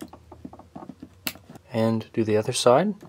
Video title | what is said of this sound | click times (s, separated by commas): The Fastest Guide On The Internet (Build A PC) | then you slight pressure on one side until you hear a click | 1.3 s